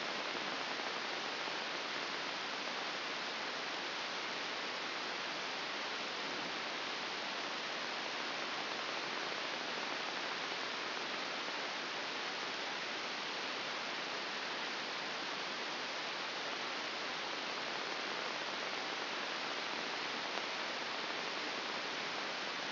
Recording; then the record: brain microelectrode recording played as sound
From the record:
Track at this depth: inside the subthalamic nucleus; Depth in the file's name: 0.601 mm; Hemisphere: left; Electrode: 2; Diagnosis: Parkinson's disease